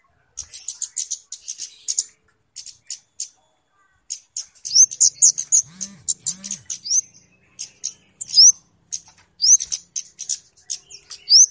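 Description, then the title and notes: Flowerpecker chirping: very high, thin ticking notes in quick bursts mixed with short sharp upslurred whistles, with brief pauses between bursts and a faint low sound midway. Clear recording used as a lure (pikat) for catching birds. "Kicau Burung Kemade ( Cabe Cabean) Jernih. Suara Burung Cabe Cabean Pikat"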